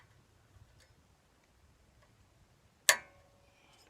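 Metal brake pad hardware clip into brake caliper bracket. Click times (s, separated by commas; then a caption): 2.9 s. A cleaned metal brake pad hardware clip is pushed back into place on the caliper bracket of a front brake on a 2015-2020 Ford F-150 pickup, with the front pressed down until it clips in. After quiet handling with faint ticks, a single sharp metallic click sounds at 2.9 s and rings briefly. The clip is seated in place.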